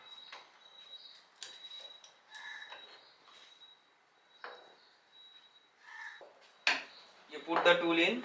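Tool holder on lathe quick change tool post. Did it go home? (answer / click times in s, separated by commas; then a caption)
no / none. A tool holder is handled at a lathe's quick change tool post while someone talks, with short sharp knocks near 1.4, 4.4 and 6.7 seconds and a louder rattling clatter toward the end. The clip ends before the tool holder goes home on the post; nothing has seated or locked yet.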